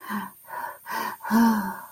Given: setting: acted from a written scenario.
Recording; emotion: vocal sound without words; distress